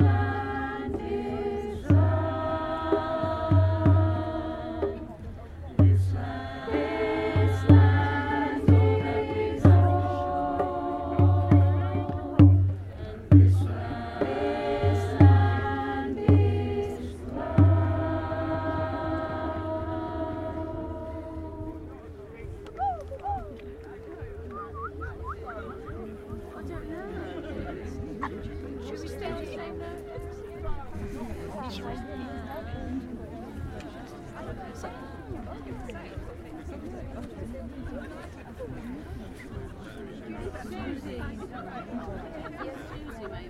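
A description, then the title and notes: A Stonehenge solstice gathering: for the first twenty seconds, drumming beats in short bursts under sustained droning tones that swell and stop every few seconds. Then the music ends and a steady murmur of crowd chatter takes over, with a thin wavering tone running through it. Stonehenge Solstice 2023 - a Neolithic Soundscape. This summer solstice I headed to Stonehenge to capture the mood of the place.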